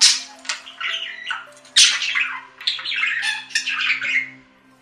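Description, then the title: Budgerigar chattering in short bursts of harsh, scratchy notes mixed with little whistled twitters. "Budgie Sounds"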